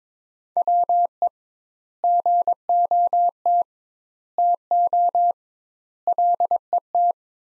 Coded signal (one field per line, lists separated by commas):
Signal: Morse code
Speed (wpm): 22 wpm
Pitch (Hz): 700 Hz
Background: none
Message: WE GOT TO LET